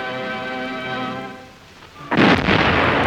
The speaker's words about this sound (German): Auf einer Frontbreite von 500 Kilometern eröffnen Batterien aller Kaliber das Feuer auf die bolschewistischen Stellungen.